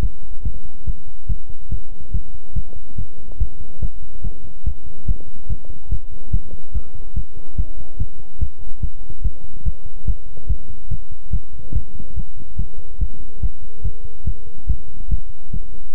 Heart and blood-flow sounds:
heart sounds by stethoscope; between the tricuspid and mitral areas; 143 bpm
0.00 s: heartbeat
0.43 s: heartbeat
0.85 s: heartbeat
1.27 s: heartbeat
1.70 s: heartbeat
2.12 s: heartbeat
2.54 s: heartbeat
2.96 s: heartbeat
3.38 s: heartbeat
3.80 s: heartbeat
4.22 s: heartbeat
4.64 s: heartbeat
5.06 s: heartbeat
5.47 s: heartbeat
5.89 s: heartbeat
6.31 s: heartbeat
6.72 s: heartbeat
7.14 s: heartbeat
7.56 s: heartbeat
7.97 s: heartbeat
8.39 s: heartbeat
8.81 s: heartbeat
9.22 s: heartbeat
9.63 s: heartbeat
10.06 s: heartbeat
10.47 s: heartbeat
10.89 s: heartbeat
11.31 s: heartbeat
11.73 s: heartbeat
12.14 s: heartbeat
12.56 s: heartbeat
12.99 s: heartbeat
13.40 s: heartbeat
13.82 s: heartbeat
14.25 s: heartbeat
14.67 s: heartbeat
15.08 s: heartbeat
15.51 s: heartbeat
15.93 s: heartbeat
From the record:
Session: pedaling a stationary bicycle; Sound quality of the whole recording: good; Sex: male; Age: 24 years

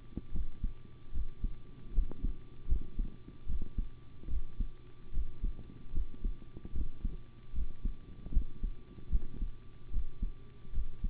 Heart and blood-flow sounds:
heart sounds by stethoscope; between the tricuspid and mitral areas; 75 bpm
0.32 s: heartbeat
1.12 s: heartbeat
1.93 s: heartbeat
2.67 s: heartbeat
3.46 s: heartbeat
4.28 s: heartbeat
5.12 s: heartbeat
5.92 s: heartbeat
6.72 s: heartbeat
7.53 s: heartbeat
8.31 s: heartbeat
9.10 s: heartbeat
9.91 s: heartbeat
10.72 s: heartbeat
From the record:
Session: rest, sitting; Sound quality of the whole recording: good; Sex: male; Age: 25 years

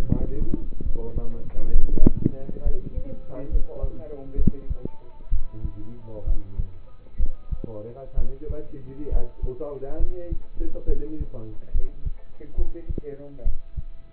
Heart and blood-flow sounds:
heart sounds by stethoscope; between the tricuspid and mitral areas; 67 bpm
0.83 s: heartbeat
1.72 s: heartbeat
2.63 s: heartbeat
3.49 s: heartbeat
4.36 s: heartbeat
5.30 s: heartbeat
6.24 s: heartbeat
7.17 s: heartbeat
8.15 s: heartbeat
9.09 s: heartbeat
9.97 s: heartbeat
10.86 s: heartbeat
11.72 s: heartbeat
12.55 s: heartbeat
13.43 s: heartbeat
From the record:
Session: rest, lying down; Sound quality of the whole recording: partially saturated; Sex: male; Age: 27 years

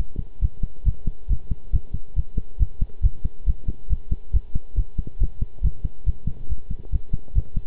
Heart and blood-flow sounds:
heart sounds by stethoscope; between the tricuspid and mitral areas; 138 bpm
0.41 s: heartbeat
0.85 s: heartbeat
1.29 s: heartbeat
1.72 s: heartbeat
2.16 s: heartbeat
2.59 s: heartbeat
3.03 s: heartbeat
3.46 s: heartbeat
3.89 s: heartbeat
4.33 s: heartbeat
4.76 s: heartbeat
5.20 s: heartbeat
5.63 s: heartbeat
6.06 s: heartbeat
6.49 s: heartbeat
6.92 s: heartbeat
7.35 s: heartbeat
From the record:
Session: pedaling a stationary bicycle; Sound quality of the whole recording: good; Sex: male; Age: 23 years

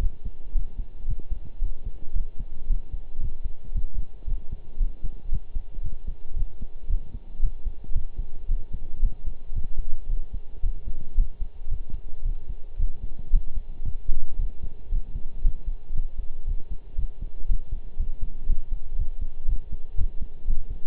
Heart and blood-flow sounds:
heart sounds by stethoscope; between the tricuspid and mitral areas; 114 bpm
0.00 s: heartbeat
0.54 s: heartbeat
1.08 s: heartbeat
1.61 s: heartbeat
2.15 s: heartbeat
2.69 s: heartbeat
3.22 s: heartbeat
3.74 s: heartbeat
4.27 s: heartbeat
4.80 s: heartbeat
5.32 s: heartbeat
5.84 s: heartbeat
6.36 s: heartbeat
6.89 s: heartbeat
7.42 s: heartbeat
7.95 s: heartbeat
8.48 s: heartbeat
9.02 s: heartbeat
9.55 s: heartbeat
10.09 s: heartbeat
10.63 s: heartbeat
11.17 s: heartbeat
11.71 s: heartbeat
12.25 s: heartbeat
12.79 s: heartbeat
13.33 s: heartbeat
13.86 s: heartbeat
14.39 s: heartbeat
14.91 s: heartbeat
15.44 s: heartbeat
15.95 s: heartbeat
16.47 s: heartbeat
16.98 s: heartbeat
17.48 s: heartbeat
17.99 s: heartbeat
18.49 s: heartbeat
18.98 s: heartbeat
19.48 s: heartbeat
19.98 s: heartbeat
20.47 s: heartbeat
From the record:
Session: pedaling a stationary bicycle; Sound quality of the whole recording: partially saturated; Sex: male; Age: 23 years

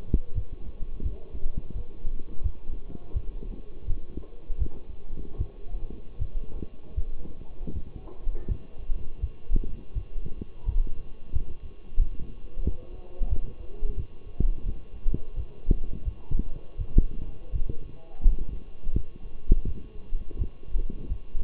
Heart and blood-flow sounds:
heart sounds by stethoscope; between the tricuspid and mitral areas; 84 bpm
0.34 s: heartbeat
1.03 s: heartbeat
1.74 s: heartbeat
2.42 s: heartbeat
3.13 s: heartbeat
3.86 s: heartbeat
4.58 s: heartbeat
5.37 s: heartbeat
6.18 s: heartbeat
6.95 s: heartbeat
7.72 s: heartbeat
8.48 s: heartbeat
9.21 s: heartbeat
9.94 s: heartbeat
10.65 s: heartbeat
11.32 s: heartbeat
11.98 s: heartbeat
12.64 s: heartbeat
13.29 s: heartbeat
13.96 s: heartbeat
14.65 s: heartbeat
15.36 s: heartbeat
16.04 s: heartbeat
16.77 s: heartbeat
17.51 s: heartbeat
18.22 s: heartbeat
18.92 s: heartbeat
19.64 s: heartbeat
20.38 s: heartbeat
21.09 s: heartbeat
From the record:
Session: walking at 3.7 km/h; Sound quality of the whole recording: partially saturated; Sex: male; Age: 24 years

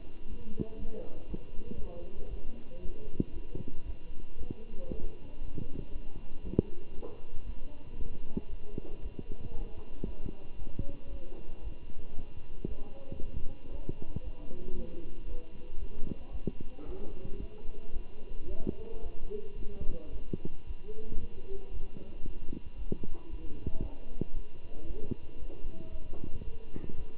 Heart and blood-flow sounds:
heart sounds by stethoscope; between the tricuspid and mitral areas; 115 bpm
0.27 s: heartbeat
0.77 s: heartbeat
1.28 s: heartbeat
1.78 s: heartbeat
2.29 s: heartbeat
2.80 s: heartbeat
3.32 s: heartbeat
3.84 s: heartbeat
4.37 s: heartbeat
4.89 s: heartbeat
5.40 s: heartbeat
5.91 s: heartbeat
6.42 s: heartbeat
6.94 s: heartbeat
7.45 s: heartbeat
7.96 s: heartbeat
8.48 s: heartbeat
9.01 s: heartbeat
9.52 s: heartbeat
10.05 s: heartbeat
10.57 s: heartbeat
11.10 s: heartbeat
11.62 s: heartbeat
12.15 s: heartbeat
12.67 s: heartbeat
13.19 s: heartbeat
13.70 s: heartbeat
14.22 s: heartbeat
14.74 s: heartbeat
15.26 s: heartbeat
15.78 s: heartbeat
16.31 s: heartbeat
16.84 s: heartbeat
17.38 s: heartbeat
17.92 s: heartbeat
18.46 s: heartbeat
19.01 s: heartbeat
19.56 s: heartbeat
20.10 s: heartbeat
20.65 s: heartbeat
21.19 s: heartbeat
21.72 s: heartbeat
22.24 s: heartbeat
22.76 s: heartbeat
23.28 s: heartbeat
23.80 s: heartbeat
24.33 s: heartbeat
24.85 s: heartbeat
25.38 s: heartbeat
25.90 s: heartbeat
26.43 s: heartbeat
26.96 s: heartbeat
From the record:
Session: Bruce protocol treadmill stress test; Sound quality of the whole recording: good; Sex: male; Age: 23 years

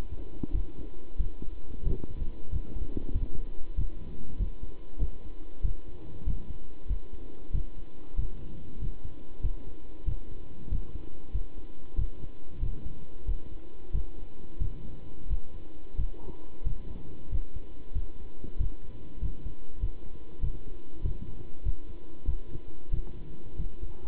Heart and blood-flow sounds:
heart sounds by stethoscope; between the tricuspid and mitral areas; 94 bpm
0.53 s: heartbeat
1.19 s: heartbeat
1.86 s: heartbeat
2.52 s: heartbeat
3.14 s: heartbeat
3.77 s: heartbeat
4.39 s: heartbeat
5.01 s: heartbeat
5.63 s: heartbeat
6.26 s: heartbeat
6.89 s: heartbeat
7.53 s: heartbeat
8.17 s: heartbeat
8.80 s: heartbeat
9.43 s: heartbeat
10.07 s: heartbeat
10.71 s: heartbeat
11.33 s: heartbeat
11.97 s: heartbeat
12.61 s: heartbeat
13.27 s: heartbeat
13.93 s: heartbeat
14.60 s: heartbeat
15.29 s: heartbeat
15.98 s: heartbeat
16.65 s: heartbeat
17.31 s: heartbeat
17.95 s: heartbeat
18.59 s: heartbeat
19.21 s: heartbeat
19.82 s: heartbeat
20.42 s: heartbeat
21.04 s: heartbeat
21.65 s: heartbeat
22.27 s: heartbeat
22.92 s: heartbeat
23.58 s: heartbeat
From the record:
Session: pedaling a stationary bicycle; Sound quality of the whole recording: good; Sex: male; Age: 27 years

